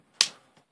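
A stuck plastic flip-out piece on a Transformers Prime RID Voyager Thundertron action figure, meant to stick out, is worked loose. It pops free with one sharp, bright snap at 0.2 s, followed by a faint soft tick near 0.6 s. The part is released.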